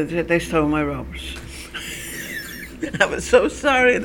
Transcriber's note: she laughs